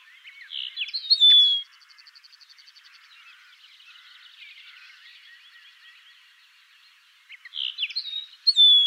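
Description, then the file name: Common linnet twittering song, a bright chirpy burst with a clear whistled note, a long faint buzzy trill, then another lively chirping burst. "Linotte melodieuse"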